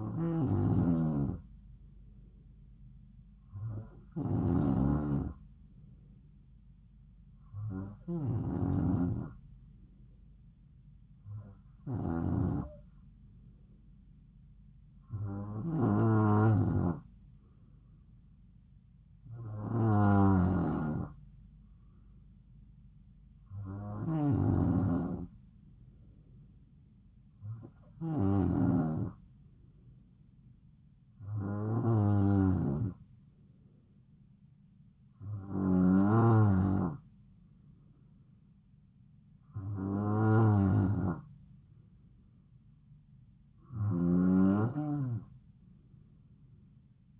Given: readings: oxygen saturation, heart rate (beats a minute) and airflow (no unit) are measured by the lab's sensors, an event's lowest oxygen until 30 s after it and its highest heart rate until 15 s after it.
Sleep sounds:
breathing in sleep by a smartphone at the bedside; none
7.00-37.00 s: new sleep stage, N3 (deep sleep)
37.00-47.20 s: new sleep stage, N2 (light sleep)
From the record:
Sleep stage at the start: N2 (light sleep); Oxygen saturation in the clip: 92 to 93%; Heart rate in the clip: 68 to 71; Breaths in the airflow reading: 12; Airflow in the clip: -3.6 to 2.9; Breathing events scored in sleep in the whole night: 270 in 6.1 hours asleep

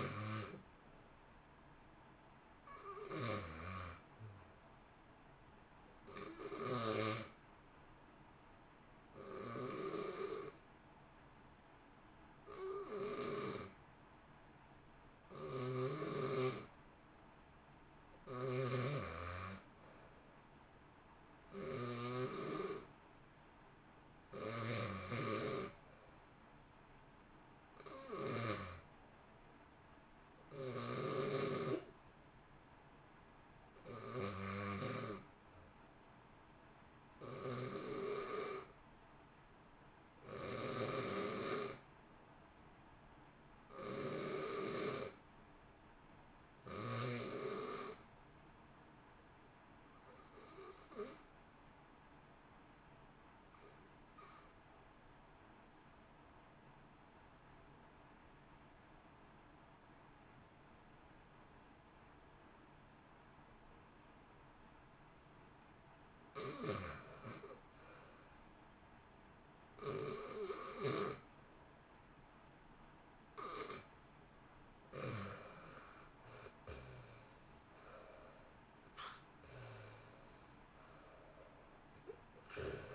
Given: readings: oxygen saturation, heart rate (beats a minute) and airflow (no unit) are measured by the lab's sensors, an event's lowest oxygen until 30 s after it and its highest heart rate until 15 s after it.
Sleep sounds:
breathing in sleep by a voice recorder at the bedside; 2
5.00-28.10 s: hypopnea (REM, oxygen 94% highest, then 88% lowest, heart rate 62 at the start, 64 highest)
54.00-66.70 s: obstructive apnea (REM, oxygen 90% highest, then 89% lowest, heart rate 60 at the start, 71 highest)
From the record:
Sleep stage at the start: REM sleep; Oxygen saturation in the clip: 81 to 94%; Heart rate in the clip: 58 to 71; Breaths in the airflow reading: 27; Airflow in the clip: -1.2 to 1.9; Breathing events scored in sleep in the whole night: 328 in 6.3 hours asleep

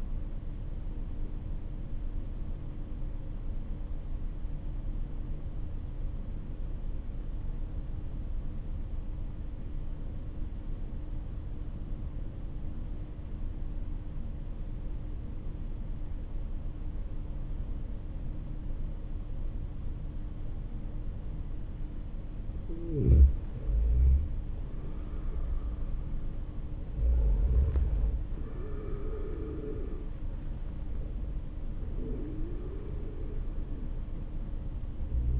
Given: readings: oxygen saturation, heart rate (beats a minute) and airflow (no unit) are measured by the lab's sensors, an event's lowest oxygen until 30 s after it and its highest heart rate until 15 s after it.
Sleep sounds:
breathing in sleep by a smartphone at the bedside; 1
9.00-22.80 s: obstructive apnea (N2, oxygen 96% highest, then 90% lowest)
From the record:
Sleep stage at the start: N2 (light sleep); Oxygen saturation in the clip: 91 to 96%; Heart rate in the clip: 49 to 60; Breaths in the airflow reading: 3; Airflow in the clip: -8.2 to 15.5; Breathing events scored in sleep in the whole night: 304 in 5.6 hours asleep

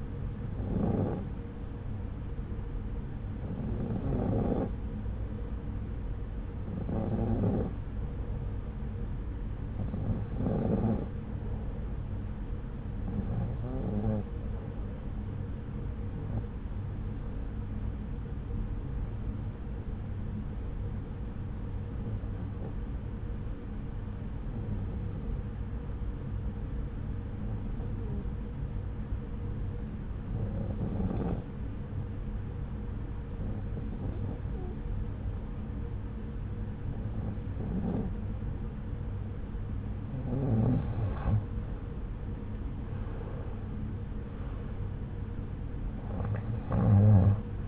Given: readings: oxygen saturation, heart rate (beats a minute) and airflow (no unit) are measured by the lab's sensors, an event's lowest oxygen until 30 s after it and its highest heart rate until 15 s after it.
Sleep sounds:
breathing in sleep by a smartphone at the bedside; 1
22.00-41.60 s: hypopnea (REM, oxygen 92% highest, then 89% lowest)
From the record:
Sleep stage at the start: REM sleep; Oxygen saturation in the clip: 90 to 92%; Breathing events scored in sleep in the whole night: 303 in 8.1 hours asleep

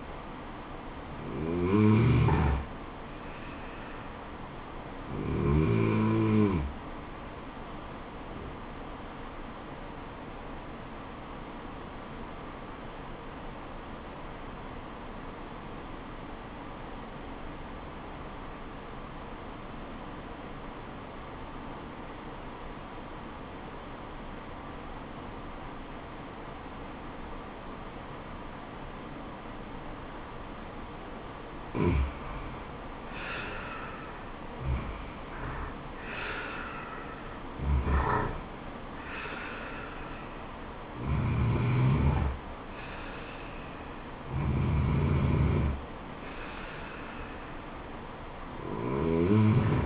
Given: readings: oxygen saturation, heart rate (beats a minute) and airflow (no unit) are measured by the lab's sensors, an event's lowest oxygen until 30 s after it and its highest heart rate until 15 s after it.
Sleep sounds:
breathing in sleep by a voice recorder at the bedside; 1
12.00-34.30 s: obstructive apnea (N2, oxygen 96% highest, then 88% lowest, heart rate 74 at the start, 77 highest)
47.00-49.86 s: new sleep stage, REM sleep
From the record:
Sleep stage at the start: N2 (light sleep); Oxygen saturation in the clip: 86 to 96%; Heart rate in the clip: 64 to 78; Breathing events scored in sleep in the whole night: 426 in 7.4 hours asleep

